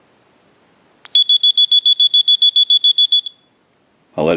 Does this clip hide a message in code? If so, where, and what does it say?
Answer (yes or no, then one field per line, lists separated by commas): no